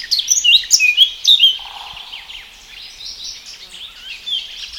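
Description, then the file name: Eurasian blackcap warbling, a quick burst of sharp, twisting chirps in the first second and a half, then a softer, lower chattering warble trailing off. "Sylvia atricapilla"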